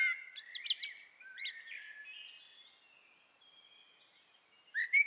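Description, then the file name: Common blackbird singing a mellow whistled phrase topped with thin, high squeaky twitters, then a soft pause before the next phrase starts at the very end. "Turdus merula"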